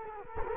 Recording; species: mosquito wingbeat signal from an infrared sensor; Culex quinquefasciatus